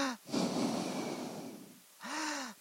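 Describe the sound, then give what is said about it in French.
A long, loud breath drawn in through the mouth with a rushing, airy hiss, then a shorter voiced exhale through the nose with a faint rising-falling tone at the end. No one speaks. “Prenez votre respiration par la bouche et terminez par le nez.”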